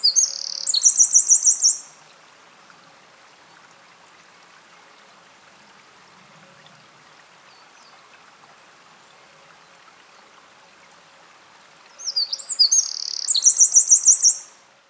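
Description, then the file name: Eurasian wren singing two bursts about ten seconds apart, each a high, rapid run of piercing notes and trills, with quiet background between. "Troglodytes troglodytes"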